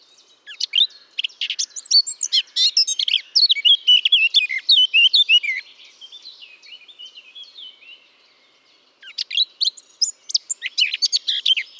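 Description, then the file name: Eurasian blackcap singing a long, fast, varied warble of sharp chirps and fluty whistles, dropping to soft chatter before a loud phrase returns. "Sylvia atricapilla"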